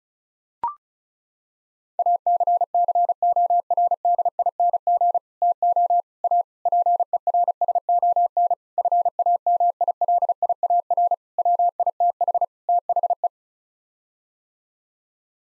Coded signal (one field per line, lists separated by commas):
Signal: Morse code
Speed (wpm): 34 wpm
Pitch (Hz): 700 Hz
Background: none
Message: ACCORDING TO A PERSON FAMILIAR WITH THE